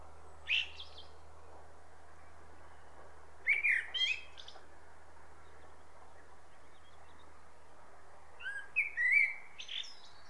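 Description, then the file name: Common blackbird giving three brief song phrases of fluty notes and high chatter, widely spaced over a constant background hiss and low hum. "Turdus merula"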